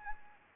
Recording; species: mosquito wingbeat signal from an infrared sensor; Anopheles arabiensis